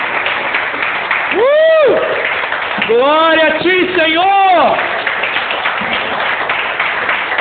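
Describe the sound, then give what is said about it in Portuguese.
A church audience, rising from their knees, applauds steadily for Jesus at the close of a prayer, a dense wash of clapping that fills the whole stretch while a man's voice shouts out over it in loud, drawn-out exclamations of praise. “Pode se levantar, você que está aí de joelhos, e dar um aplauso a Jesus.”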